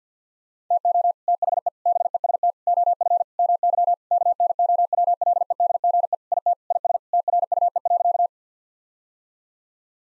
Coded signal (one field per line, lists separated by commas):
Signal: Morse code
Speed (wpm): 50 wpm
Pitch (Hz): 700 Hz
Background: none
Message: TO THE BEST OF MY KNOWLEDGE IT IS TRUE.